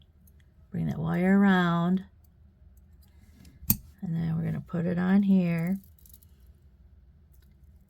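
A jewelry wire, bent into a loop with pliers, is handled at a metal ring (a holding or dump ring) as someone talks in two phrases, with a single sharp tick at about 3.7 s between them and faint small handling ticks around it. The loop has not snapped onto the ring yet; nothing has seated.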